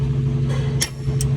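A click-type torque wrench set to 122 foot-pounds tightens the second, lower bolt of the new driver-side rear shock on an M3. The wrench gives its sharp click at 0.8 s, followed by a fainter, shorter tick at 1.2 s, over a steady low hum. The click confirms the bolt has reached 122 foot-pounds.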